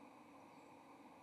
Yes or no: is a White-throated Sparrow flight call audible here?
no